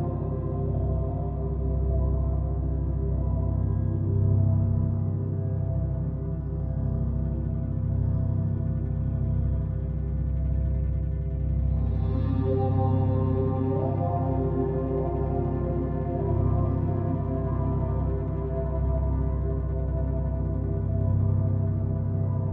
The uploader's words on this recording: Binaural Beats for headache relief.